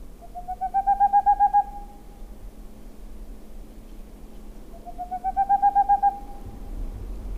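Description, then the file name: Boreal owl: two quick trains of mellow hoots, each rising slightly in pitch, separated by a pause of about three seconds; low background hum. "Chouette de Tengmalm"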